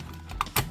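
Plastic foot pieces, formerly the base of the rocket tower, are lined up by their slots and pressed onto the legs of a 1985 Transformers G1 Omega Supreme toy robot. Sharp plastic snaps are heard at 0.4 s and 0.6 s over a low background hum. The second foot snaps home and is seated.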